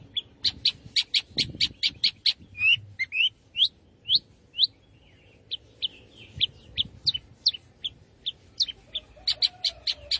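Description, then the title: Long-tailed shrike song: a quick run of sharp repeated notes, then slower varied whistled and scratchy phrases, and another fast burst at the end. Singing lively, described in Indonesian as gacor. "Cendet Gacor"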